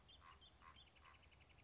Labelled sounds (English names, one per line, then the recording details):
Common Raven
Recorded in Sonoma County, California